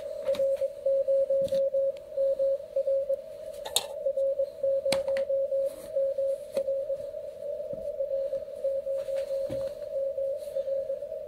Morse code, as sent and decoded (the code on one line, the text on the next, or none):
.-. ----- -- .-. / .-. ----- -- .-. / .-. ----- -- .-.
R0MR R0MR R0MR